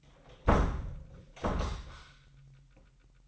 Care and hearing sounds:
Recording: daily activity, microphone in the room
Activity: close door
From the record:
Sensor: 3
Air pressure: 998.4 hPa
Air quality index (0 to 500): 139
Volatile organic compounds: 4 ppm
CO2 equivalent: 1667 ppm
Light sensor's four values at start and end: 17/48/19/18 and 17/48/19/18

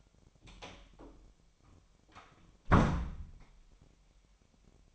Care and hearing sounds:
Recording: daily activity, microphone in the room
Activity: close door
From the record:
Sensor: 1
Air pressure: 1007.3 hPa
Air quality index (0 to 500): 198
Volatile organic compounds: 19 ppm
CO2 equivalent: 2668 ppm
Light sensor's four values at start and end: 13/34/14/15 and 13/32/13/15

